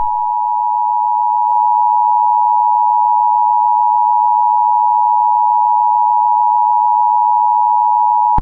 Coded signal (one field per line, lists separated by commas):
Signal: Emergency Alert System (SAME) tones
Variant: 853 and 960 Hz attention tone